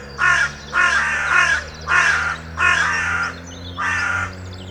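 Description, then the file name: Carrion crow cawing: six harsh, hoarse caws in an uneven series over a low steady hum. "Corvus corone"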